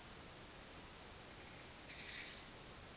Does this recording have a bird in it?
no